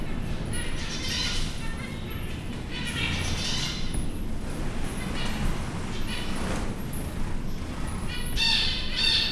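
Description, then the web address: Zebra finch calls: a few buzzy bursts separated by pauses, over continuous low background noise. Captive birds at a zoo in Győr, recorded in 2014 with professional equipment; the less noisy version. "allathangok gyorizoo 2014. zebrapinty"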